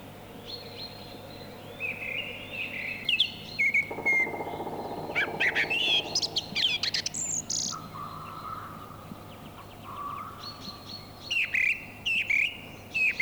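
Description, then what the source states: Song Thrush song: varied whistled and chirping phrases of differing pitch, some notes repeated in quick series, with brief pauses between phrases. Field recording from Finland, issued on a cassette in 1988.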